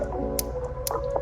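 The hidden release clip on the plastic wiring connector of the low beam H7 headlight bulb of a 2016 Hyundai Veloster is pressed in to disconnect it. Two sharp clicks at 0.4 s and 0.9 s stand out over a steady tonal background hum, followed by a softer tick at 1.2 s. The connector latch clicks open and is released.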